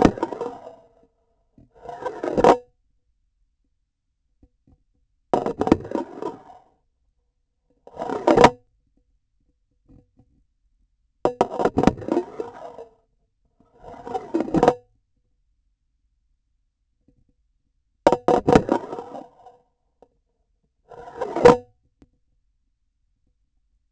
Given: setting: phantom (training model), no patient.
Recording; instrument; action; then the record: laparoscopic instrument, vibration sensor on the handle end; grasping forceps; insertion and removal through the trocar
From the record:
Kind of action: spatial motion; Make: Olympus